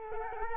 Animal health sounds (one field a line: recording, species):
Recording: mosquito wingbeat signal from an infrared sensor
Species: Culex quinquefasciatus